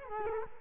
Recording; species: mosquito wingbeat signal from an infrared sensor; Culex quinquefasciatus